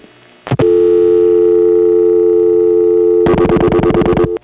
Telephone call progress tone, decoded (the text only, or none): dial tone